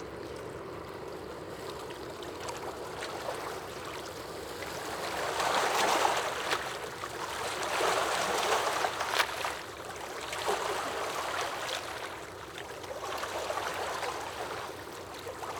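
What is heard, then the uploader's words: Lake waves splash against rocks in a steady wash of bright water noise, swelling and easing every few seconds. Louder surges arrive around six, eight to nine, and ten seconds, with sharper slaps mixed into a constant churning hiss. Lake Waves Splashing Against Rocks.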